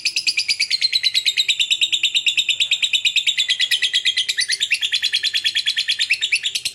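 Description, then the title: Lovebird chattering continuously with quick, high, slightly rasping chirps at a fast, even pace, pitch wavering toward the end. Lovebird said, judging from its calling style, to look very clever at 'memancing' (luring). "Dari Gayanya Lovebird Ini Terlihat Pintar Sekali Memancing"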